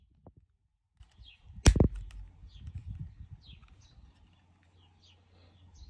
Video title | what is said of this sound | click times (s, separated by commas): Easy Way to Change BMW Key Battery - 4K | And we press until it clicks | 1.7 s